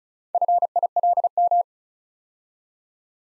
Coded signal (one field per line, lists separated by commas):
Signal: Morse code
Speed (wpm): 36 wpm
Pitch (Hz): 700 Hz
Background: none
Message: FILM